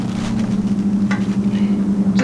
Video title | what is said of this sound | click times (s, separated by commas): Camp Chef Stove Unboxing | like any stove you just lock it into place by doing that | 1.1 s, 2.2 s